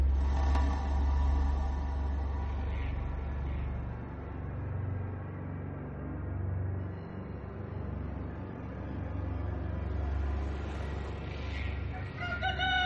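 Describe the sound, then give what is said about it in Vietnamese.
A rooster crows repeatedly at dawn, its loud, drawn-out calls rising and falling over a steady low rumble, with a few softer clucks in between and no one speaking. “Không chỉ có tiếng gà gáy mỗi lúc bình minh, mà cả tiếng sóng rì rào đang vỗ bờ cũng phần nào làm cho những người sống ven sông như thêm phần năng lượng.”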